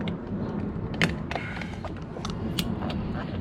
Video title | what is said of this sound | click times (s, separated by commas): 2008 Dodge Magnum R/T Door Lock problem. | you guys hear the click when you guys hear the click that mean is already an and | 1.0 s